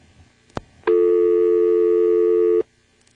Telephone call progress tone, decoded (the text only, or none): dial tone